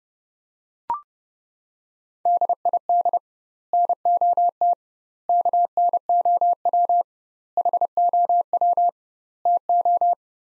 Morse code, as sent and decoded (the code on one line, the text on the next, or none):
-.. .. -.. / -. --- - / -.- -. --- .-- / .... --- .-- / - ---
DID NOT KNOW HOW TO